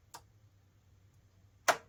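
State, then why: Seated. A VGA adapter board's connector is pressed onto the internal pin header inside a Korg D3200 DAW workstation. A faint tick comes at 0.1 s, then a sharp, louder click at 1.7 s as the connector seats onto the header pins.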